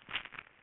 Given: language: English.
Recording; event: throat vibration sensor signal played as sound; swallow